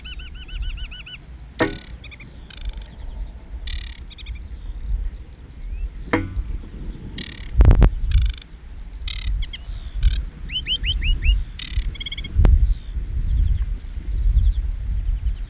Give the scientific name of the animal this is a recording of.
Acrocephalus paludicola